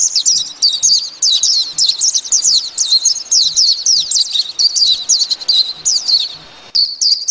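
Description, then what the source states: White-eye singing a continuous rapid, high-pitched warble of jumbled chirps and trills that runs almost unbroken until a short break near the end. Singing white-eye; song described as very fine.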